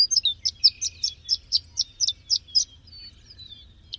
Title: Kicau Cucak Ijo